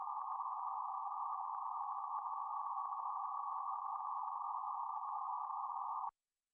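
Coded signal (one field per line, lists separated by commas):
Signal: PSK31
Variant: BPSK31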